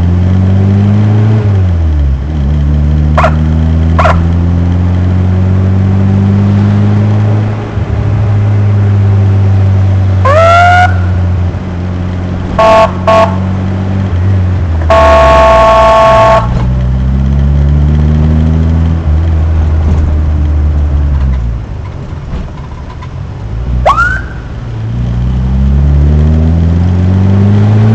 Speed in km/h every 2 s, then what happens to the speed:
35, 39, 47, 53, 57, 48, 48, 52, 35, 44, 43, 32, 15, 26.
0-8 speeds up to 57. 8-10 brakes to 48. 14-16 brakes to 35. 20-23 brakes to 15. 25-28 speeds up to 26.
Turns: 21-24.